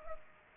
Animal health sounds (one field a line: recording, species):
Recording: mosquito wingbeat signal from an infrared sensor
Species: Culex pipiens